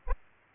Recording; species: mosquito wingbeat signal from an infrared sensor; Aedes aegypti